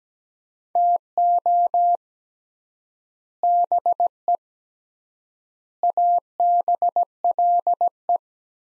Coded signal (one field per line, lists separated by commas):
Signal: Morse code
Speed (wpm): 17 wpm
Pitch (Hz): 700 Hz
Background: none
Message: TO BE ABLE